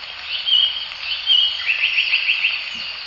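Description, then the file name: Japanese paradise flycatcher singing clear whistled notes followed by a quick run of repeated short phrases, over a dense high buzzing chorus of insects or other birds. Recorded at the Morito River. "サンコウチョウ 森戸川"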